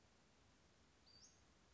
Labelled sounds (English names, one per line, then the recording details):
Western Flycatcher
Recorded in Sonoma County, California